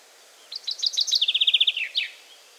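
Common chaffinch song: a cascade of sharp notes that settles into an even, rattling trill and finishes with a quick downward flourish.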